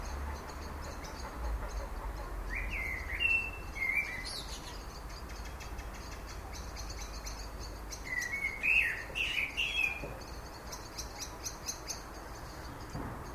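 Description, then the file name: Common blackbird giving two short bursts of warbled, slurred notes several seconds apart, with scattered faint clicks and a steady low background hum. "Turdus merula"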